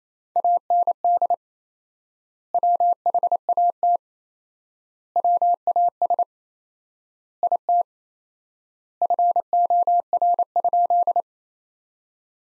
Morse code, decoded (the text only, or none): AND WHAT WAS IT FOR?